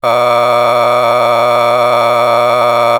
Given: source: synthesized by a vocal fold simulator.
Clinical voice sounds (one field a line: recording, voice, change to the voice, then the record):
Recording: sustained vowel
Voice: male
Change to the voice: a random mix of aspiration noise, stiffness perturbation and strain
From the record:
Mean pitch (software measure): 120 Hz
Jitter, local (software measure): 2.00%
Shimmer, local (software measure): 8.5%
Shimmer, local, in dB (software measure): 0.75 dB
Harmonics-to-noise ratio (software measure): 9.6 dB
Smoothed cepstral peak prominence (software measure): 15.7 dB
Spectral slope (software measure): -13.1 dB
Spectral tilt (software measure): -10.0 dB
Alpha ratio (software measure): -3.5 dB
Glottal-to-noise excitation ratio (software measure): 0.946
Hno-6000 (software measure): 1.9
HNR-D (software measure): 23.4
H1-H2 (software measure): 1.4 dB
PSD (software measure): 2.2e-04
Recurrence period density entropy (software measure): 0.126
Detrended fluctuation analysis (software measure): 0.0295